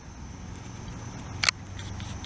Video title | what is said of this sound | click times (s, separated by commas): John Deere Lawn Mower Model 14PZ – Primer Bulb & Throttle Replacement – Sept. 18, 2014 | and you should hear it click | 1.4 s, 1.5 s